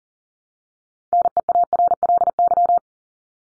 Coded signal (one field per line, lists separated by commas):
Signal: Morse code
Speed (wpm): 40 wpm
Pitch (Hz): 700 Hz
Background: none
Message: NEARLY